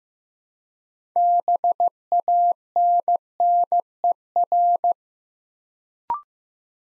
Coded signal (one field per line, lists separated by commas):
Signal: Morse code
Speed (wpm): 15 wpm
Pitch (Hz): 700 Hz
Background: none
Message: BANNER